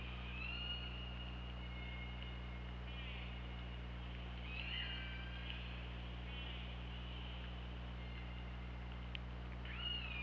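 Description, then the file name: Killer whale calls, fainter buzzy harmonic tones and short upsweeps repeated throughout, partly buried in a steady low underwater hum. OrcaLab hydrophone recording, 24 August 2017, 23:32:49. "Orca Lab UTLN 20170824 233249"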